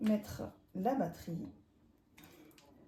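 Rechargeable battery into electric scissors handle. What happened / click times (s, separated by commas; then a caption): The battery pack is handled but has not yet clicked into place / none. Someone talks as a rechargeable battery is brought to the handle of electric scissors after the blade has been changed, followed by a few faint handling taps and rustles near the end. The battery has not yet seated or clicked into the handle.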